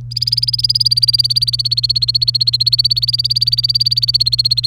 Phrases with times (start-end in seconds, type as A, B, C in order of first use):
0.11-4.66 A